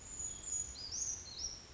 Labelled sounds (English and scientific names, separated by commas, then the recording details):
Brown Creeper (Certhia americana)
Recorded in Sonoma County, California